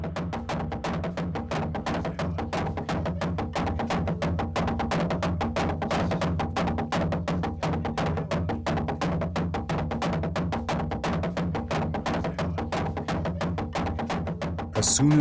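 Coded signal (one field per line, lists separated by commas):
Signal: drum signal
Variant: garamut slit drums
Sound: rapid, continuous wooden drum strokes with deep resonant booms, several drums overlapping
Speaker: soon as the sun sets, the enormous garamuts announce the start of the ceremony.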